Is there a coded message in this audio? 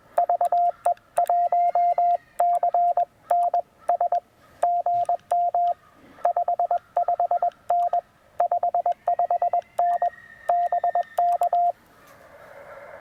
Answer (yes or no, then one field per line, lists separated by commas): yes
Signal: Morse code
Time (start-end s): 0.2-11.7 s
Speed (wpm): 20 wpm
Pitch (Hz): 700 Hz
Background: radio noise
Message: VE1CNS GM 55N 55N BK